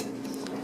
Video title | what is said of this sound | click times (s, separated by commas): Monarch 10EE: Part 5 - Motor Swap | you just push that in and until it clicks into place you kinda have to rock it forward lock it and rock it for it to relock it so | 0.5 s